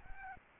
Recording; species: mosquito wingbeat signal from an infrared sensor; Aedes albopictus